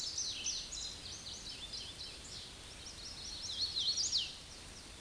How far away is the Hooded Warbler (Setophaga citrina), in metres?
about 35 m